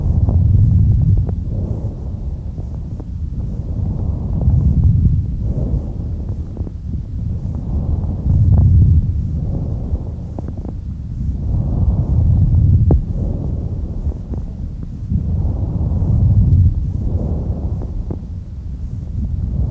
Characteristically loud, high-pitched bronchial breath sounds resemble the sound of air blowing through a hollow pipe. Their expiratory phase is louder and longer than their inspiratory phase. They are present normally only over the manubrium, and there is a distinct pause between the inspiratory and expiratory phases. The appearance of bronchial breath sounds over the periphery of the lung may mean abnormal sound transmission because of consolidated lung tissue, as in pneumonia.